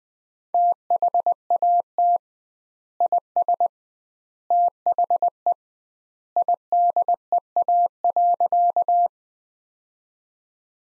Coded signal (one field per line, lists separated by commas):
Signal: Morse code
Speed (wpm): 21 wpm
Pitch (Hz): 700 Hz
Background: none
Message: THAT IS THE IDEA.